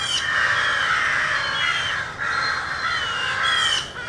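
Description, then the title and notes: Crow caws, long harsh drawn-out calls running almost continuously, with brief breaks. Rowdy crows cawing loudly in treetops in an urban park just after sunrise. "Field Recording: The Wild and Raucous Sounds of Crows Cawing in the Treetops. a field recording of rowdy crows loudly cawing in the treetops amidst the sounds of other birds -- and since this was recorded in an urban park -- also you may hear the sounds of morning traffic"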